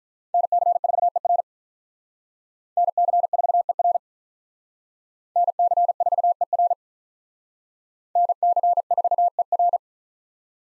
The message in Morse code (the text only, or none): NC4ER NC4ER NC4ER NC4ER